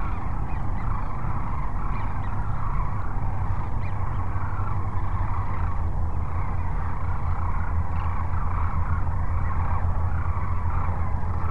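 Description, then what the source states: Sandhill cranes calling as a dense flock, a continuous overlapping chorus of rolling calls throughout, over a heavy low rumble. Cochise Lakes, 30 January 2019.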